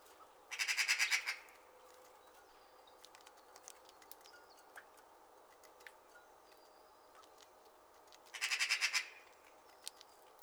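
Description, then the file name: Rattling magpie chatter in two loud bursts about eight seconds apart, each a quick run of grating notes; soft chirps and clicks fill the gap. "straget magpie freesound"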